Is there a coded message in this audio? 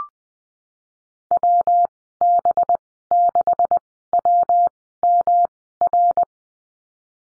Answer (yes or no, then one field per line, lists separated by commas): yes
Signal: Morse code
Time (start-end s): 1.3-6.2 s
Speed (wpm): 20 wpm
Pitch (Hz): 700 Hz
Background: none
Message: WB6WMR